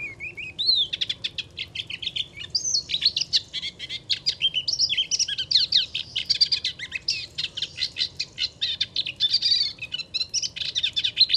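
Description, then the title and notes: Moustached warbler in long, varied song of rapid chattering notes and short trills, energetic throughout. Wild bird singing in a reedbed in the Camargue, France, on 23 March 2019; no wind; hard to see in the reeds; recorded with a parabolic reflector, MKH8020 microphone and MixPre-3. "La Lusciniole à moustaches. 23 mars 2019-Chemin de Fangassier - Camargue. une magnifique roselière où chante une Lusciniole à moustaches (Acrocephalus melanopogon)"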